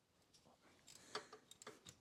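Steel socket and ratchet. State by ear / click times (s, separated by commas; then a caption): stripped / none. A 6-point socket and ratchet are used to try to break loose a rounded-off metal bolt on an ATV, and the socket slips on the stripped head instead of turning it. A series of light ticking sounds build into a sharper snap near 1.2 s and a loud, sudden snap at 2.1 s. Nothing has seated or clicked into place yet, and the bolt head is still stripped.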